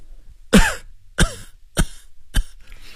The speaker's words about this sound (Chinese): 病人因为说得太猛，止不住连续咳嗽一阵。为希望别人认为他的病并不严重，他用手绢捂住嘴，尽量使咳嗽声变得轻微，并且把一口痰偷偷地咽下肚里，仅仅把一点痰沫子吐进痰盂。